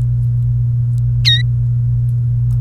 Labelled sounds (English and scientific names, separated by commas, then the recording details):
Domestic Canary (Serinus canaria) song
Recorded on 29 April 2018 at 11:33
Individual llb3